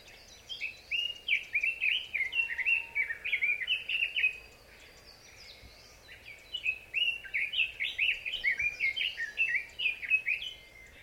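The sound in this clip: Red-billed leiothrix singing a fast, cheerful warble of slurred whistles in two long phrases separated by a short gap, with faint background hiss.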